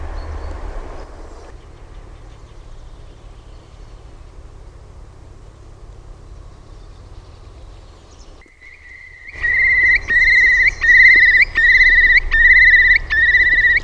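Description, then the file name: Eurasian curlew bubbling call: after a long quiet stretch of low noise, loud quavering whistled phrases begin, repeated about once a second. "ISOKUOVI"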